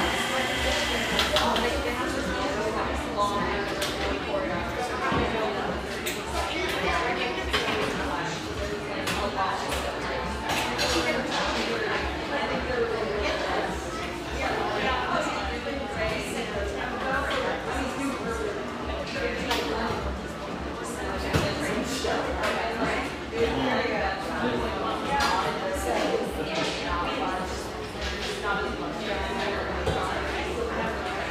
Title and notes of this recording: Overlook, Portland, Oregon. This mellow, exposed-brick gem frequented by railyard staff